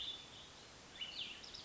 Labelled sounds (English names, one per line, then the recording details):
Cassin's Vireo
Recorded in Sonoma County, California